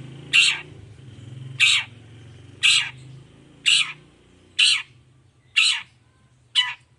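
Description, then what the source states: Long-tailed shrike giving loud harsh calls repeated about once a second, seven in all, over a low steady hum. Morning singing; described as a lively, clear, highly varied song with 'toet toet' notes, offered as a model for other long-tailed shrikes to copy.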